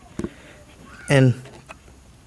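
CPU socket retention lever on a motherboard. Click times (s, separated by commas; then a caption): 0.2 s. The metal retention lever of a CPU socket on a motherboard, in a Ryzen 7 3800X system build, is pulled down until it snaps back under its retaining tab with a sharp click at 0.2 s, and a second brief sound follows at 1.7 s. Someone talks in between. The lever is back in place and the CPU is seated.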